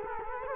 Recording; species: mosquito wingbeat signal from an infrared sensor; Culex quinquefasciatus